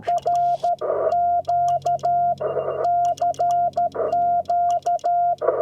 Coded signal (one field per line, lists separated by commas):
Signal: Morse code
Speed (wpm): 13 wpm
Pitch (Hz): 700 Hz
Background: none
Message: RQ CQ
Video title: He Built a FUN Ham Radio Station Setup in the Desert!